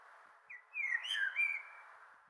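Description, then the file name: Common blackbird singing one short mellow phrase of slurred whistles with thin high squeaky notes, over a constant low hiss. "Turdus merula"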